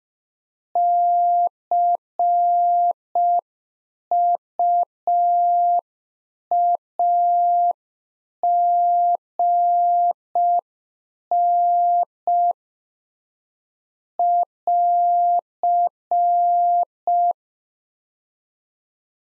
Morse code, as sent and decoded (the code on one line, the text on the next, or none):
-.-. ..- .- --. -. / .-.-.
CUAGN <AR>